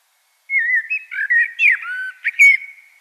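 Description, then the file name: Common blackbird singing one rich, warbled phrase of varied fluty whistles and squeaky twitters. "Turdus merula"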